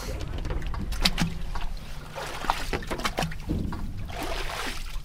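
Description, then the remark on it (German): A water sampler, a clear Plexiglas tube about 1 metre long, plunges into the water of a mesocosm to take a water sample, with a few splashes and sloshing, followed by continuous lapping and bubbling beneath a steady low rumble of wind or engine. “Ja, kommt er hier rein, sanft, naja, mehr oder weniger sanft ins Wasser.”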